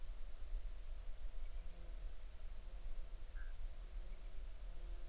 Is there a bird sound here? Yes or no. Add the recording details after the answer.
yes. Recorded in the Arctic National Wildlife Refuge, Alaska, on 20 July 2019 at 02:50. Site 38